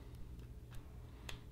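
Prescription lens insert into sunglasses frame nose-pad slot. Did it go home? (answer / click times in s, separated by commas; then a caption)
yes / 1.3 s. A prescription lens insert is guided along the groove into the slot nearest the nose pad of a Smith Pivlock sunglasses frame. After a couple of faint ticks near 0.1 s and 0.4 s, a sharp little snap is heard at 1.3 s as the insert clips in and is confirmed seated.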